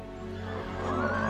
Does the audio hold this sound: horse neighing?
yes